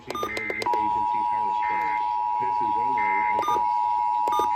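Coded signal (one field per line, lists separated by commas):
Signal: Emergency Alert System (SAME) tones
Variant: 853 and 960 Hz attention tone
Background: speech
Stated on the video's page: Pennsylvania required monthly test relayed on multiple AM and FM broadcast stations.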